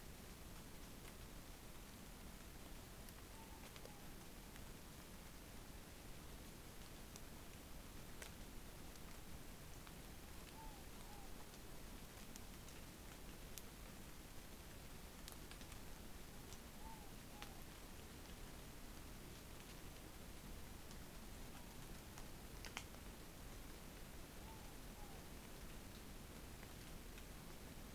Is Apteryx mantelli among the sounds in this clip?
no